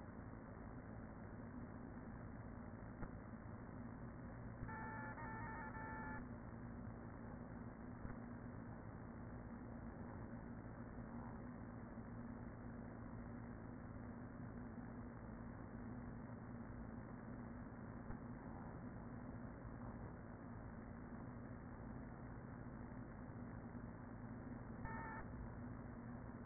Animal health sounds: honeybee colony, microphone inside the hive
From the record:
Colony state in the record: queen present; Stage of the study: after two queens were removed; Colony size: about 40,000 bees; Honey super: no

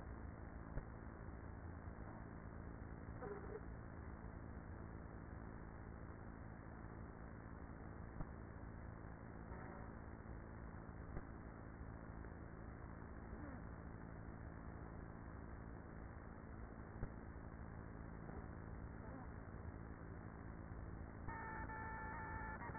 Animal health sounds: honeybee colony, microphone inside the hive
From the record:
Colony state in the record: queenless with a low population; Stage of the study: after two queens were removed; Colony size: about 30,000 bees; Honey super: no

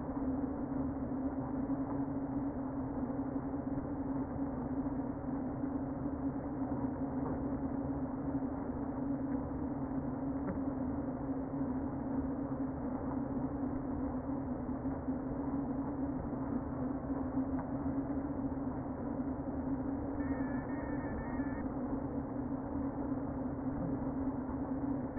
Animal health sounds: honeybee colony, microphone inside the hive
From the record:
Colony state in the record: queen present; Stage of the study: before two queens were removed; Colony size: about 60,000 bees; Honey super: yes

